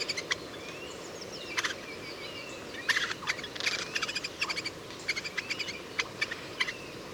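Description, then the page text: Eurasian jay song: a varied, quiet medley of dry clicks, rattling bursts and short thin whistles, some rising, delivered in irregular clusters over a steady background hiss. Two Eurasian jays singing, recorded near Leipzig, Germany, in March 2009. "March 2009 Two singing Eurasian Jays Garrulus glandarius, recorded in the vicinity. Eurasian Jay Garrulus glandarius, Leipzig, Germany"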